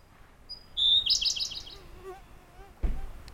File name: robin-siberian-blue -Larvivora-cyane